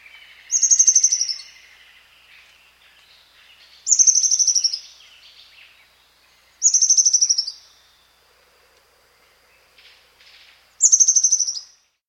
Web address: Natures Songs S America Ornate Antwren